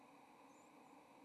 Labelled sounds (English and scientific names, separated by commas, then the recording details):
White-throated Sparrow (Zonotrichia albicollis) flight call
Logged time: 08:17 on 30 October 2014